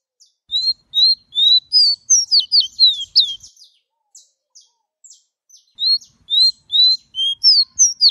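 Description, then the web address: Bird song in fast bursts of bright, high twittering notes and downslurred chirps, a short gap splitting two lively phrases. "lucas passarinho"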